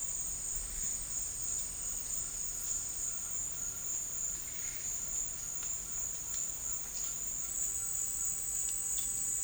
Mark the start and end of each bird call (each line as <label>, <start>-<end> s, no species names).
bird call, 2.24-8.30 s